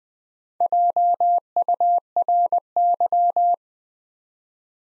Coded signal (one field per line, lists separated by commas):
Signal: Morse code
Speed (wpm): 20 wpm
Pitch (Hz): 700 Hz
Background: none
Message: JURY